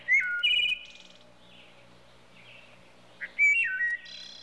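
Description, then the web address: Wood thrush song: two flutey phrases a few seconds apart, each a few clear whistled notes followed by a higher buzzy trill. "bird trushes wood thrushes animal"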